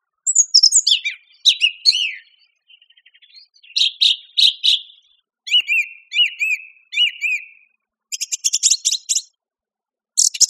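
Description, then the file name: Song thrush song with descending whistles, grating notes, then a clear slurred phrase repeated three times and a rapid high chatter. "suara-kicauan-burung-song-thrush -omkicau"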